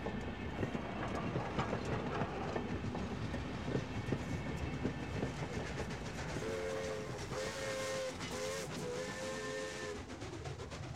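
A train rumbles steadily along the rails with a loud, continuous roar and irregular clacking of wheels, joined in the latter half by sustained, wavering whistle tones.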